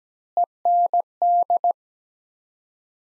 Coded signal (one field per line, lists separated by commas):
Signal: Morse code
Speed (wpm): 17 wpm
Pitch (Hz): 700 Hz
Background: none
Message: END